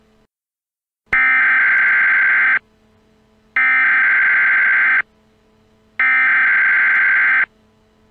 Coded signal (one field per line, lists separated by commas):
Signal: Emergency Alert System (SAME) tones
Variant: header bursts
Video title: EAS Scenario - Extraterrestrial Invasion